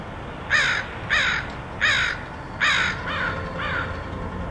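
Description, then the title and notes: Crow uttering four loud, harsh caws followed by two weaker, trailing ones, all rough and nasal. Crows recorded in Portland, Oregon, in August 2003. "Dronecast: Crows of Portland. Crows recorded by Dan Bodah in Portland, OR, August 2003"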